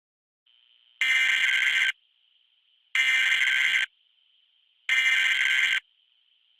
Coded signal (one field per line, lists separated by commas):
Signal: Emergency Alert System (SAME) tones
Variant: header bursts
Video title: EAS: Taki killed 100 people in New York